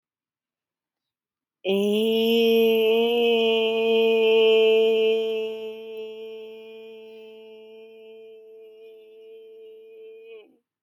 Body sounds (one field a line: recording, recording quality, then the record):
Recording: sustained vowel as in made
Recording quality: excellent, no background noise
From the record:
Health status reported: respiratory illness, not identified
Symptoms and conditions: sore throat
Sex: female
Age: 39 years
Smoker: not ticked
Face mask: not worn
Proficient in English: yes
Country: India